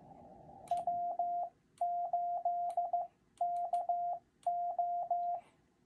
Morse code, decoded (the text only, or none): W8KO